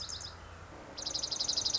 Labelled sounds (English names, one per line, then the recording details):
Dark-eyed Junco
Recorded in Sonoma County, California